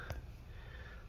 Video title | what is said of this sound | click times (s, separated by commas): MSI P65 Creator 8RF Disassembly RAM SSD Hard Drive Upgrade Battery Motherboard Replacement Repair | last one line it up and click it down all right you can actually hear and feel it click | 0.1 s